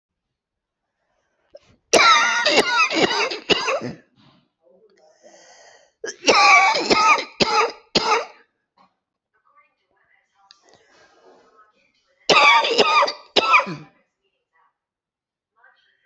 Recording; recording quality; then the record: heavy voluntary cough; excellent, no background noise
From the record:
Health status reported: respiratory illness, not identified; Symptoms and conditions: asthma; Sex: male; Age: 45 years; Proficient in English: yes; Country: India